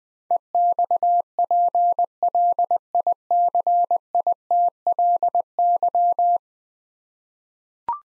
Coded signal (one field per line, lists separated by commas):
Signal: Morse code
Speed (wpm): 20 wpm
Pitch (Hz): 700 Hz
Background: none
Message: EXPLICITLY